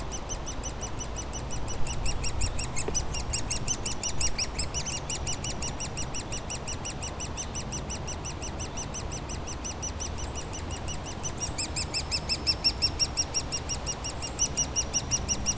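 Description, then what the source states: Woodpecker nestlings calling in a loud, fast, pulsing chorus of high squeaks, nearly three per second, with faint low engine hum behind. Woodpecker nestlings squawking continuously in their cavity at the foot of a dead tree trunk, Bois Saint-Martin near Lognes aerodrome, Noisy-le-Grand, France; light aircraft and airliners flying overhead; recorded with a DR-40X.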